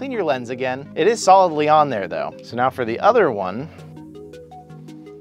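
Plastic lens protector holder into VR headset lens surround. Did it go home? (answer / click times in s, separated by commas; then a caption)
no / none. A second plastic lens-protector holder is pressed onto the lens surround of a Quest 2 VR headset while someone talks, followed by soft sustained tones from about 3.8 s. No distinct click is heard, and nothing has seated or clicked yet, because the holder does not snap into place and has to be forced on.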